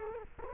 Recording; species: mosquito wingbeat signal from an infrared sensor; Culex quinquefasciatus